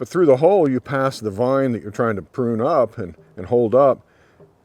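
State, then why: Not seated. A plastic hinged trellis clip is handled on the string of a net trellis, with a vine to be held up passing through its hole. Someone talks throughout, and nothing has seated or clicked yet.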